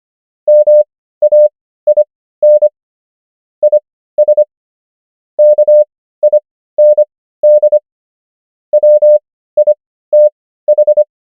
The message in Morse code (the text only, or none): MAIN IS KIND WITH